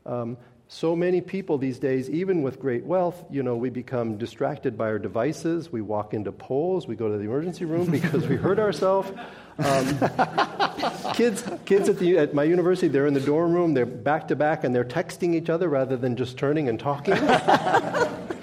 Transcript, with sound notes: So many people these days even with great wealth, you know, we become distracted by our devices, we walked into poles, we go to the emergency room because we hurt our self.
[Laughter]
Kids at my university they’re in the dorm room, they’re back to back and they’re texting each other rather than just turning and talking.